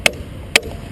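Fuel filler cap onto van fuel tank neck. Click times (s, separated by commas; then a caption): 0.1 s, 0.6 s. A diesel fuel filler cap is screwed back onto the fuel tank neck of a Ford Transit tipper van with a bin lifter and turned until its ratchet clicks. Two sharp clicks are heard at 0.1 s and 0.6 s, followed by a much fainter tick near the end. The cap is confirmed ratcheted as tight as it will go.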